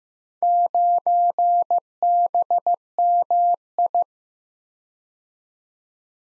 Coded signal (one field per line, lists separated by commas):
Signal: Morse code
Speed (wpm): 15 wpm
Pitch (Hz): 700 Hz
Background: none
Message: 9BMI